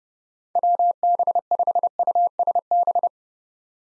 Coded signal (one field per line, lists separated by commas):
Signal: Morse code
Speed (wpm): 30 wpm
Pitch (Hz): 700 Hz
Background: none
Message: WB5USB